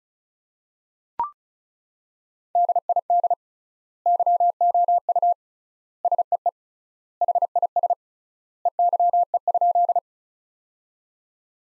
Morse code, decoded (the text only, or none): DID YOU SEE HIS EYE?